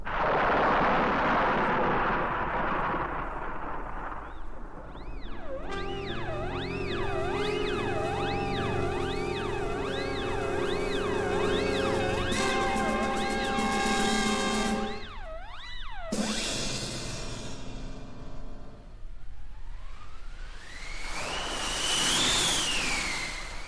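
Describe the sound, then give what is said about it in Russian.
A stylized storm effect: a loud, booming thunderclap rumble, then wavering, warbling electronic tones, another sharp crash of thunder, and a rising whistling gust at the end. “Сейчас, ой, гроза.”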